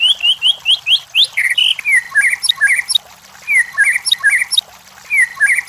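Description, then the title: White-rumped shama song: quick, bright whistled notes rising and falling in tight series, with short pauses between bursts. White-rumped shama song, used to train cage birds. "MASTERAN MURAI BATU LABAIK"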